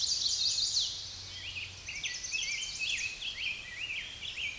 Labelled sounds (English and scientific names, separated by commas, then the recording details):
Chestnut-sided Warbler (Setophaga pensylvanica) song
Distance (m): 25 m
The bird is about 5 m above the microphone
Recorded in a Pennsylvania forest on 16 May 2024 at 07:06
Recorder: AudioMoth, point MSD-2494
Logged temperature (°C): 15.6 °C
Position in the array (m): 159 m, 176 m